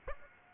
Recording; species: mosquito wingbeat signal from an infrared sensor; Aedes aegypti